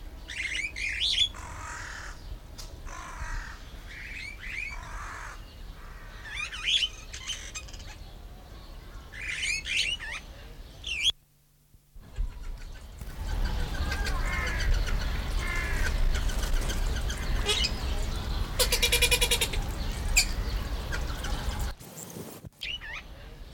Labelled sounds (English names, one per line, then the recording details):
Superb Starling
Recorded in captivity
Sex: male
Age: adult
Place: Zoo Berlin, Berlin, DE
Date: 1993-06-05
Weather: 20-25 °C, sonnig
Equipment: Marantz CP 430, Sennheiser ME 80, Kopie Uher Variocord 263
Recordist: Tembrock, Günter